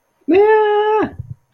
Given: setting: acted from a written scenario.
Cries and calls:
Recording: vocal sound without words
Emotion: positive surprise

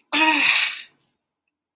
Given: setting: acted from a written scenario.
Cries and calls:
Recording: vocal sound without words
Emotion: negative surprise

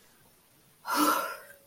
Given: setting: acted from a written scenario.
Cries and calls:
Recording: vocal sound without words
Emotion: relief

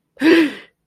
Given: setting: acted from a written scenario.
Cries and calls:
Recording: vocal sound without words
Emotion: negative surprise

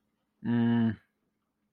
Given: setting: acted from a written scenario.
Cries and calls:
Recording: vocal sound without words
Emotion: neutral

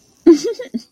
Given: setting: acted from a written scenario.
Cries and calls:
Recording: vocal sound without words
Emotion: amusement

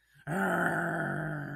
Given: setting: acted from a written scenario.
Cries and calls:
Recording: vocal sound without words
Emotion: anger

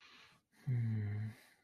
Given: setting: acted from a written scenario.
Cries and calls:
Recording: vocal sound without words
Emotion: serenity

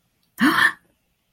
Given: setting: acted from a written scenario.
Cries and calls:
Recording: vocal sound without words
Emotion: elation

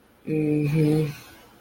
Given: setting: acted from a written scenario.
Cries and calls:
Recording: vocal sound without words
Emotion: romantic love

